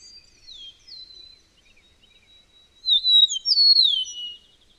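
Bird song: soft descending whistled slurs early, a quiet pause, then a loud phrase of high slurred whistles ending in a falling note.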